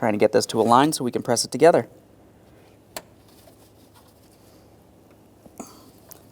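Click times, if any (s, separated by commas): 5.6 s, 6.1 s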